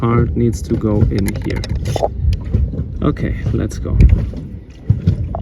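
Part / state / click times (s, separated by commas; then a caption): metal throttle linkage part into outboard carburetor / seated / 5.4 s. A small metal throttle linkage part is pushed into its socket on an outboard carburetor during reassembly while someone talks. It snaps in with one sharp click at 5.3 s and is seated.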